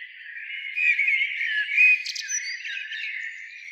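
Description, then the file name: Common blackbird giving a brief, dense run of slurred warbling notes with a few thin high squeaks in the middle. "Turdus merula"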